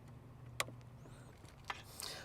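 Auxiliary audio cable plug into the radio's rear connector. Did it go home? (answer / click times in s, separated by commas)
yes / 0.6 s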